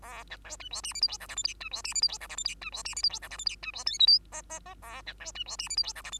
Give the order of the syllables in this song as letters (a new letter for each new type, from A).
A B C D E F G H I J K L M D E F G H I J K L M D E F G H I J K L M D E N O P Q Q Q A B C D E F G H I J K L